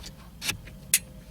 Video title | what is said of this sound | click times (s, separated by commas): Corsa C Wiper Stalk Replacement | basically just needs to be pushed in until it clicks that's nice and firm in there | 0.9 s